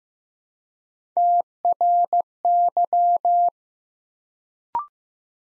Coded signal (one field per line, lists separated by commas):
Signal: Morse code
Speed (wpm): 15 wpm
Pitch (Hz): 700 Hz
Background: none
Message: TRY